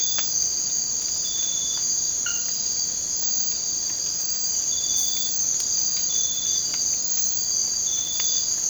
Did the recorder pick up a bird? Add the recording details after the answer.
no. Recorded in secondary vegetation near Puerto Asís, Putumayo, Colombia, on 19 March 2025 at 01:30. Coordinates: 0.484, -76.319. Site G010